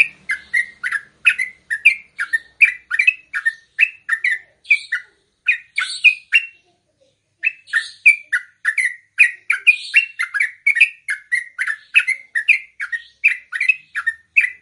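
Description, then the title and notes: Yellow-vented bulbul song: rapid run of short chirpy, bubbling notes, with a brief pause near the middle; no other sounds. Song styles called tembakan and ropel, used for training songbirds. "MASTERAN Trucukan Tembakan Dan Ropel. BURUNG TRUCUKAN"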